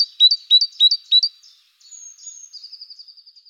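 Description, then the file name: Great tit giving four loud two-note phrases, followed by a thin high whistle and a fast, faint trill. Recorded in the Netherlands. "mesange charbonniere hollande"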